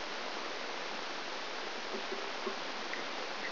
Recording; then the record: brain microelectrode recording played as sound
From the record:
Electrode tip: outside the subthalamic nucleus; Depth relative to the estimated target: -7.5 mm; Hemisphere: left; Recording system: AlphaMap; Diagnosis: Parkinson's disease